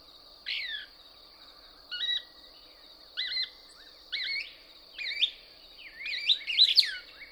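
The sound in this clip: Couch's Kingbird song: high, sharp twittering phrases about every second, building into a denser burst of chirps at the end, over a steady high hum.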